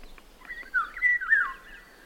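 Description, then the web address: Eurasian golden oriole song: a short, rich, fluty warbled phrase that rises and falls, clear and prominent over quiet background. "иволга"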